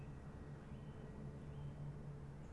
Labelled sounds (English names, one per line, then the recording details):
Song Thrush
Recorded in Germany
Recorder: ecoPi